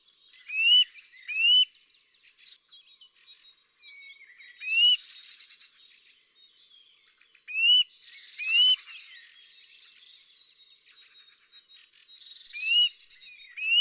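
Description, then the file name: Eurasian nuthatch giving rising whistled notes, seven in all, often in quick pairs, with twittering calls in the background. "Sitta europaea"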